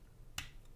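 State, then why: Seated. The plastic leg joint of a transforming robot action figure, a Transformers Power of the Primes Voyager Class Hun-Gurrr, is bent all the way down until it locks. A single sharp, bright click sounds at 0.4 s over a quiet background, and the joint seats in its locked position.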